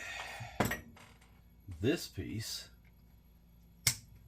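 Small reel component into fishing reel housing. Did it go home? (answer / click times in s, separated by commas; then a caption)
yes / 3.9 s. During reassembly of a Daiwa Sealine-X Speed Shaft 50 HV fishing reel, a small reel component is pressed into the reel housing while someone talks. A brief knock sounds near 0.6 s, then one loud, sharp snap at 3.9 s as the piece seats in place.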